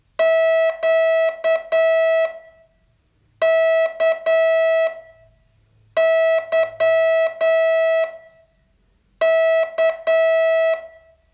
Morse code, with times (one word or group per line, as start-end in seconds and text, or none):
0.2-2.3 Q
3.4-4.9 K
6.0-8.0 Y
9.2-10.7 K